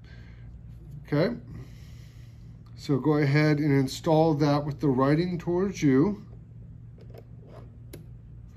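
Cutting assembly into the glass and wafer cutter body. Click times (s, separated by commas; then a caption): 7.9 s. Someone talks while the cutting head assembly is installed, writing facing the user, into an MSE Supplies ULTILE Precision Glass and Wafer Cutter and pushed into place. A single sharp hit is heard at 7.9 s as the assembly locks and seats in the cutter body.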